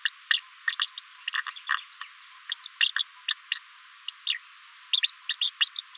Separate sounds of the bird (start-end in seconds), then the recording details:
0.05-0.12, 0.30-0.40, 0.67-0.76, 0.79-0.87, 0.97-1.02, 1.27-1.35, 2.49-2.58, 2.63-2.69, 2.80-2.91, 2.96-3.04, 3.27-3.35, 3.51-3.63, 4.08-4.12, 4.26-4.38, 4.93-5.12, 5.28-5.52, 5.60-5.83. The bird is a female. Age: 36 days. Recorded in a nest box in Venezuela. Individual 17B73B4